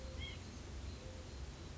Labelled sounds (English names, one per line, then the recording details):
White-breasted Nuthatch
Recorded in Sonoma County, California